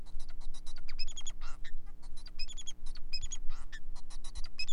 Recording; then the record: song of a male Bengalese finch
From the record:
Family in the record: son of father 4